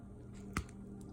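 A plastic needle cap is slowly pushed back onto the needle hub of a filled slip tip syringe, producing a single sharp click at 0.6 s over a steady low hum, followed by two faint ticks. The cap is now seated and tight.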